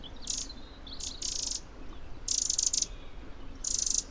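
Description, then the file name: Eurasian wren calls: short, harsh, high churring rattles in uneven bursts, some doubled, with a low rumble beneath. "Troglodytes troglodytes"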